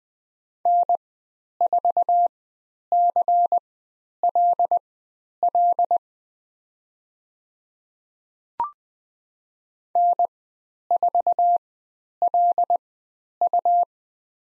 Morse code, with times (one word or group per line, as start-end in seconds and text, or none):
0.7-6.0 N4CLL
10.0-13.8 N4LU